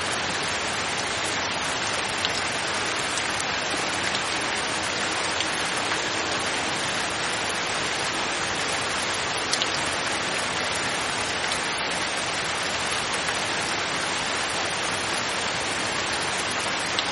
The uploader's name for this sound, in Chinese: 大雨